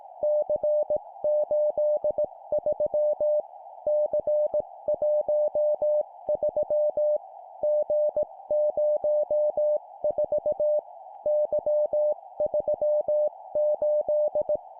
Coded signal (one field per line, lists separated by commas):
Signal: Morse code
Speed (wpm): 18 wpm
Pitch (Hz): 600 Hz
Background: music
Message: C83 C13 G04 Y38